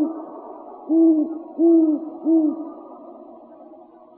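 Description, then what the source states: Great horned owl, three low, even hoots in quick succession, then silence apart from a soft steady background hiss. Arizona, 23 September 2007.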